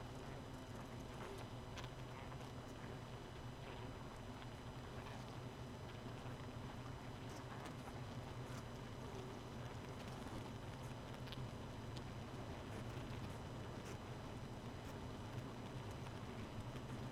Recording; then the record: honeybee colony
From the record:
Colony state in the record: missing queen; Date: 31 May 2018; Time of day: 0:07